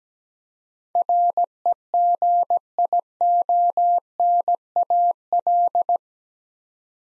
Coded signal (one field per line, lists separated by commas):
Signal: Morse code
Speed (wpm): 17 wpm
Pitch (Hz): 700 Hz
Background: none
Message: REGIONAL